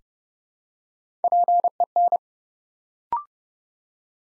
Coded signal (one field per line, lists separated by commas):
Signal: Morse code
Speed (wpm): 31 wpm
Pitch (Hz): 700 Hz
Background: none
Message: PEN